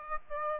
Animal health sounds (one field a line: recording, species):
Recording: mosquito wingbeat signal from an infrared sensor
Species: Aedes aegypti